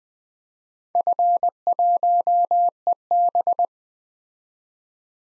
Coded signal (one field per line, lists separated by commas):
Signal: Morse code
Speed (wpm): 20 wpm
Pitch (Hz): 700 Hz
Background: none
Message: F1EB